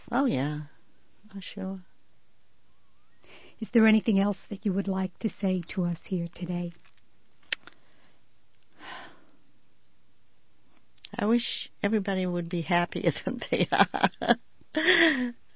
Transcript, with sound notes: Oh, yeah.
Is there anything else that you would like to say to us here today?
( she sighs ) I wish everybody would be happier than they are.